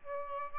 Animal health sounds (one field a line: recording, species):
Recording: mosquito wingbeat signal from an infrared sensor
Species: Aedes albopictus